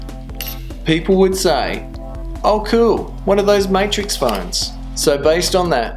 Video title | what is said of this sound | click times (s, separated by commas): What is the Matrix Phone? | you held up the here 7110 and you did this *satisfying click sound* | 0.4 s